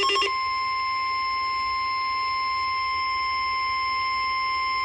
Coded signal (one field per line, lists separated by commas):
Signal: Emergency Alert System (SAME) tones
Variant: 1050 Hz attention tone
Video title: Severe Thunderstorm Warning EAS #1